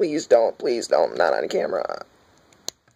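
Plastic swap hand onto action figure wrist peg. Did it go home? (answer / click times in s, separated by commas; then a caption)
yes / 2.7 s. Someone talks for about two seconds as a plastic swap hand is pushed onto the wrist peg of an Ultra-Act Ultraman Zero action figure. After a quiet pause, the hand pops into place with a single sharp click at 2.7 s, seated on the peg.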